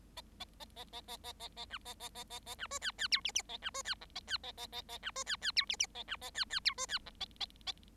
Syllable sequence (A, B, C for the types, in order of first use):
A A A A A A A A A B A A A A A B C D D E F F A B C D G A D A A A A B C D D E F F A B A D D E C D G A A A